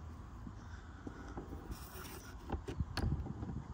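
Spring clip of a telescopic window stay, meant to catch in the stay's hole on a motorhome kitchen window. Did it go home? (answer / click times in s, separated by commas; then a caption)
no / none. The telescopic stay on the kitchen window of a 2023 Kon-Tiki 784 Edition motorhome is slid slowly open, with low rumbling handling noise and two sharp ticks near 2.5 and 3.0 seconds. The stay's small spring clip rides past the first hole without dropping in, so nothing has seated or clicked into place yet and the window is not held open.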